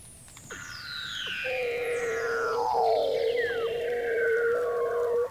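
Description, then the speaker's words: Weddell seal underwater song: long descending whistles sweeping down from very high pitch, then a steady low tone held for about four seconds, with short chirps scattered over it. Male singing underwater beneath the frozen surface of the Ross Sea, Antarctica, hanging head down in darkness; song serves to retain his harem of females. "This is the voice of a Weddell seal, which I recorded below the frozen surface of the Ross Sea in Antarctica. It's a male hanging head down in the darkness, singing to retain his harem of females."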